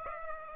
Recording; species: mosquito wingbeat signal from an infrared sensor; Aedes aegypti